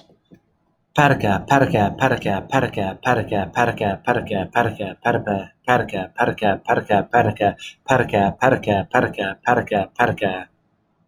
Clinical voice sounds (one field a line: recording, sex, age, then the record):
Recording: repeated syllables /pa ta ka/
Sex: male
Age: 30 to 39 years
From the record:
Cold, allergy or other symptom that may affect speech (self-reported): no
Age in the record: 35 years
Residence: United States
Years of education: 16